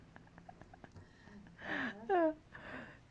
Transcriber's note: laughs